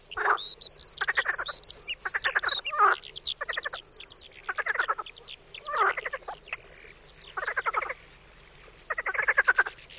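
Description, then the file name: Marsh frog croaking: loud rattling, pulsed croaks in short bursts separated by brief gaps, with faint high whistles in the background. From a sound installation. "martin zet zaby instalace skokan skrehotavy"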